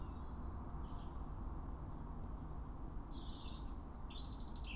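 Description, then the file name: European robin giving a brief, high, trilling phrase late, after a few faint notes, over quiet background rumble. "Erithacus rubecula"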